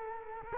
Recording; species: mosquito wingbeat signal from an infrared sensor; Culex quinquefasciatus